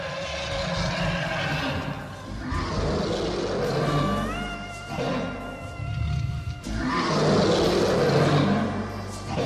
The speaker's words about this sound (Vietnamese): Hư ảnh Kỳ Lân vẫn đứng đó, ngửa mặt lên trời mà gầm thét điên dại, tỏa ra một thứ uy áp cực kỳ khủng khiếp.